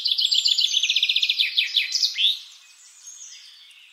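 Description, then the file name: Common chaffinch song, a quick run of bright repeated notes tightening into a trill and ending in a loud flourish, followed by faint background birdsong. "Fringilla coelebs"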